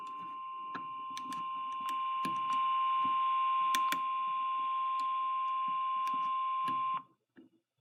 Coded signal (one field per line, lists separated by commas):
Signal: Emergency Alert System (SAME) tones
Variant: 1050 Hz attention tone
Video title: NOAA Weather Radio WXK45 (Little Fork) - Required Weekly Test (EAS #76)